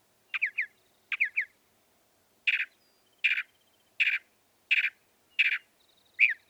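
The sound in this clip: Northern mockingbird singing paired chirped notes twice, then a steady series of burry single notes about every three-quarters of a second, ending with a sharp downslur.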